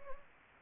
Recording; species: mosquito wingbeat signal from an infrared sensor; Anopheles gambiae